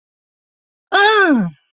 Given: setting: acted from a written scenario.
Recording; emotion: vocal sound without words; pain